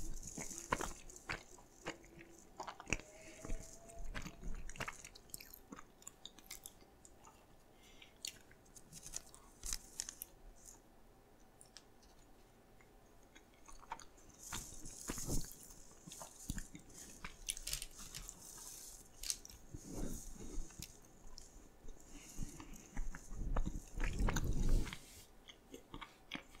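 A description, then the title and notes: Eating sounds of assorted sweets: a steady run of crisp bites, crunches and soft squishy chewing, with sharp clicks scattered throughout. The crunching grows denser and louder around fifteen seconds and again near twenty-five, where a heavier, thicker crunch stands out. ASMR Eating Most Popular Foods - PINK FOOD Donut, Pocky, Boba, Mochi, Rock Candy, Marshmallow.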